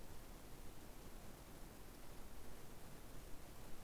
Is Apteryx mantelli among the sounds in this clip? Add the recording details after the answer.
no. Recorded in New Zealand on 21 November 2014. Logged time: 02:28. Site CL78